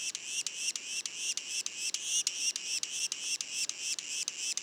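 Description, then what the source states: Yellow-bellied sapsucker juveniles: a steady series of high, slightly rising mewed notes, repeated about three and a half times a second with brief regular breaks. Juveniles, Mont-Orford National Park, Quebec; mono recording.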